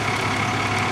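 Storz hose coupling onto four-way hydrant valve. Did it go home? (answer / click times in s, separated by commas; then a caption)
no / none. A Storz hose coupling is being handled onto a four-way hydrant valve. Only a steady, even engine-like drone with a low hum is heard throughout, with no distinct hits. Nothing has seated or clicked yet.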